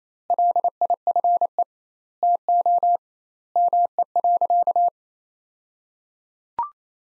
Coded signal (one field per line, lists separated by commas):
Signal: Morse code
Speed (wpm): 27 wpm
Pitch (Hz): 700 Hz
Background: none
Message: LIFE TO ME.